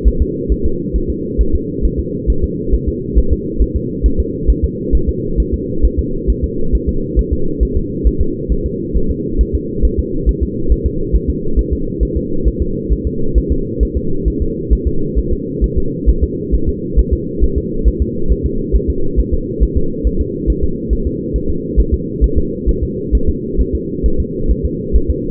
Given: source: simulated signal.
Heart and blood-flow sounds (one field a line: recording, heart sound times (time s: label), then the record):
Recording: fetal heart sounds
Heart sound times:
0.08 s: S1
0.22 s: S2
0.52 s: S1
0.66 s: S2
0.96 s: S1
1.10 s: S2
1.41 s: S1
1.55 s: S2
1.85 s: S1
1.99 s: S2
2.30 s: S1
2.44 s: S2
2.74 s: S1
2.89 s: S2
3.19 s: S1
3.33 s: S2
3.62 s: S1
3.76 s: S2
4.06 s: S1
4.20 s: S2
4.50 s: S1
4.64 s: S2
4.95 s: S1
5.09 s: S2
5.40 s: S1
5.54 s: S2
5.85 s: S1
5.99 s: S2
6.30 s: S1
6.44 s: S2
6.75 s: S1
6.89 s: S2
7.19 s: S1
7.33 s: S2
7.63 s: S1
7.77 s: S2
8.07 s: S1
8.21 s: S2
8.52 s: S1
8.66 s: S2
8.97 s: S1
9.11 s: S2
9.41 s: S1
9.55 s: S2
9.85 s: S1
9.99 s: S2
10.29 s: S1
10.43 s: S2
10.72 s: S1
10.86 s: S2
11.16 s: S1
11.30 s: S2
11.59 s: S1
11.73 s: S2
12.03 s: S1
12.17 s: S2
12.48 s: S1
12.62 s: S2
12.93 s: S1
13.07 s: S2
13.38 s: S1
13.52 s: S2
13.83 s: S1
13.97 s: S2
14.28 s: S1
14.42 s: S2
14.73 s: S1
14.87 s: S2
15.19 s: S1
15.33 s: S2
15.64 s: S1
15.78 s: S2
16.09 s: S1
16.24 s: S2
16.55 s: S1
16.69 s: S2
16.99 s: S1
17.13 s: S2
17.44 s: S1
17.58 s: S2
17.88 s: S1
18.02 s: S2
18.32 s: S1
18.46 s: S2
18.76 s: S1
18.90 s: S2
19.20 s: S1
19.34 s: S2
19.63 s: S1
19.77 s: S2
20.07 s: S1
20.21 s: S2
20.50 s: S1
20.64 s: S2
20.93 s: S1
21.07 s: S2
21.36 s: S1
21.50 s: S2
21.80 s: S1
21.94 s: S2
22.24 s: S1
22.38 s: S2
22.69 s: S1
22.83 s: S2
23.15 s: S1
23.29 s: S2
23.61 s: S1
23.75 s: S2
24.06 s: S1
24.20 s: S2
24.51 s: S1
24.65 s: S2
24.96 s: S1
25.10 s: S2
From the record:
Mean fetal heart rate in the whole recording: 135 bpm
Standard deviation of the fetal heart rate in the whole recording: 3 bpm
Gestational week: 34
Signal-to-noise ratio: -8.1 dB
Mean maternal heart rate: 72 bpm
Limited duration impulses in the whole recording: absent